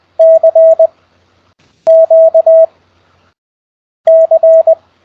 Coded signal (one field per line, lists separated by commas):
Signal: Morse code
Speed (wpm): 20 wpm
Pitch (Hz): 650 Hz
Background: none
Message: CQ C